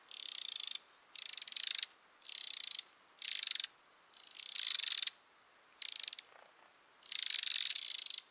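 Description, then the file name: Eurasian wren calling steadily with dry, ticking rattles, several bursts of differing loudness following one another with short breaks. "Troglodytes troglodytes"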